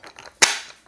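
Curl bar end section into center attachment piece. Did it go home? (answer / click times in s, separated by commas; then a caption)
yes / 0.4 s. A curl bar end section is pushed into the center attachment piece and twisted until it locks. Faint rubbing and small ticks lead up to one sharp, bright click at 0.4 s that rings out and fades. The section is seated and locked together.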